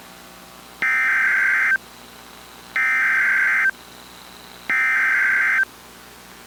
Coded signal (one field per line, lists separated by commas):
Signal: Emergency Alert System (SAME) tones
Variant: header bursts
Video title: FIRST TORNADO OF 2026 | 3/11/2026 (EAS #1,811-29)